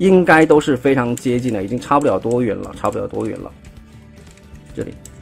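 Someone talks over background music while joining the legs of an APC Toys APC-004 Dark Master (Megatron) robot toy to its lower body, lining up a plastic leg tab with the notch on the toy's lower body. After the talking stops, faint handling ticks come at about 4.3 and 4.4 s, but the tab has not seated or clicked in yet.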